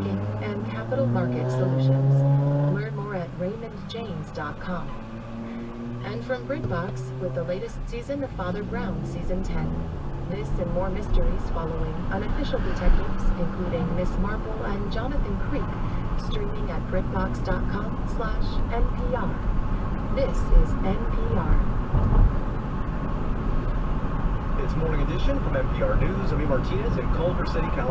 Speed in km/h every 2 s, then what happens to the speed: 0, 0, 0, 0, 6, 23, 31, 40, 44, 48, 50, 53, 55, 56.
0-7 standing. 7-23 pulls away to 55.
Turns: none.